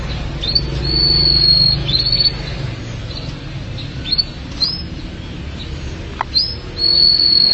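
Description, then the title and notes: Canary song in short phrases: long steady high whistles alternating with brief upswept chirps, spaced out over low background hum. "BM Suara Kenari. BM Suara Burung Kenari"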